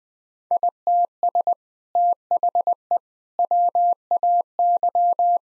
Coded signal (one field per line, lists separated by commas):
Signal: Morse code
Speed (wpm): 20 wpm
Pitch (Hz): 700 Hz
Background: none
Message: ITS THE WAY